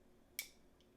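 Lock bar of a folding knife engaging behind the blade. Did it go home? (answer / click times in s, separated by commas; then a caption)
yes / 0.4 s. The blade of a Reate Horizon D folding knife is flipped open: the detent ball drops off the blade with a little click, and the metal lock bar then engages behind the blade with a second click. The two rapid clicks land together as one sharp, bright snap at 0.4 s. The blade is deployed and locked in place.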